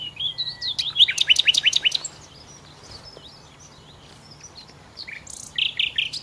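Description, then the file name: Common nightingale song: a short whistle, then a fast run of sharp repeated notes, a quieter pause with faint chirps, and a further burst of notes at the end. "Nachtigall"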